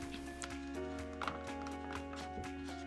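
A plastic bulkhead is handled and pushed back onto an X-Maxx RC truck chassis, with light scraping and knocking over steady background music and one short, sharper knock at about 1.3 s. Nothing has seated or snapped in yet.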